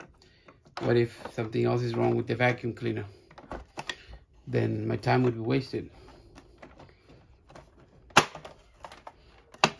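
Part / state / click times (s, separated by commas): brush roll or cover into upright vacuum base / seated / 8.2 s, 9.6 s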